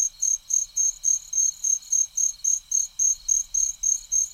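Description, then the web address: Columbian trig producing regular high chirping pulses, about three or four each second. "The Songs of Insects. Columbian Trig"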